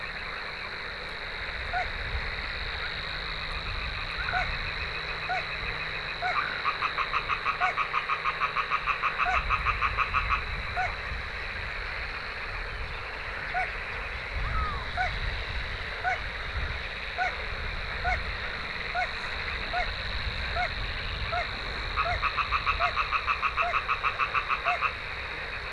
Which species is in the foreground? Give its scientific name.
Porzana parva